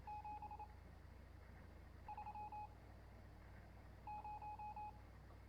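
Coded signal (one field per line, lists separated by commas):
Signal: Morse code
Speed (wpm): 26 wpm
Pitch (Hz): 840 Hz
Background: none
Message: 730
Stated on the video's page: Morse heard in the game Stories Untold.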